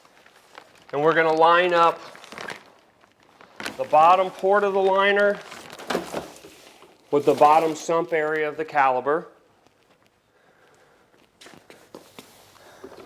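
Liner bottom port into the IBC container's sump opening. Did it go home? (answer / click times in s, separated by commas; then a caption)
no / none. A person lines up the bottom port of a plastic form-fit liner with the bottom sump opening of a Buckhorn Caliber IBC container, before the gland adaptor is pulled through. Someone talks over soft crinkling and handling noises, with light taps and rustles after the speech ends. The liner is only being positioned here, and nothing has seated or clicked yet.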